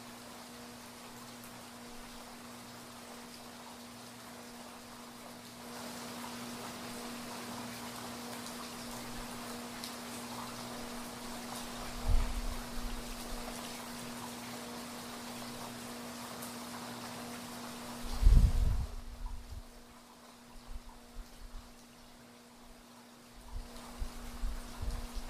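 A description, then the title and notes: Gentle rain falls steadily in a soft, even hiss that thickens slightly after the first few seconds. Low rumbles of thunder roll in around twelve seconds and more strongly near eighteen, with another faint rumble near the end. A steady low hum runs underneath throughout. Sounds of a gentle thunderstorm as the thunder rolls and rain falls.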